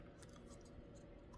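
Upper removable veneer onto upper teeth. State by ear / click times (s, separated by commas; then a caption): not seated / none. An upper removable veneer, a dental appliance, is being put into the mouth and pressed over the upper teeth. Only a few faint, brief ticks are heard over a low, steady background. Nothing has snapped or seated yet.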